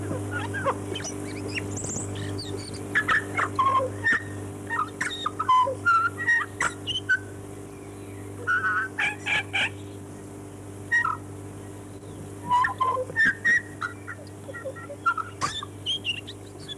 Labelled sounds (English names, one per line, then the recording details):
Tūī
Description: Chatham Island tūī song
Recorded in New Zealand